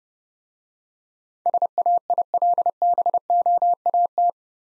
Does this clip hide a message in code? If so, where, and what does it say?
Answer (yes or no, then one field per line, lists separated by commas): yes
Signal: Morse code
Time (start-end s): 1.5-4.3 s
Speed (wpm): 32 wpm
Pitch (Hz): 700 Hz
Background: none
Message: SAILBOAT